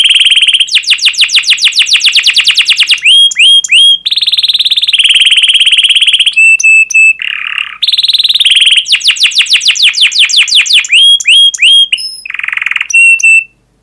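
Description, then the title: Canary song, loud and varied: rapid trills of descending chirps, buzzy rolls, clear whistled notes and lower rasping bursts alternating in quick succession. Canary song, fast and dense chirping, used as a lure to prompt young canaries to learn to sing. "Kenari Gacor Speed RAPAT Cuit Cuit Ngero L Suara Bagus Untuk Pancingan Kenari Paud Belajar Bunyi"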